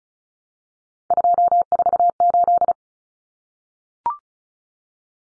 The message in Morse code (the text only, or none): 248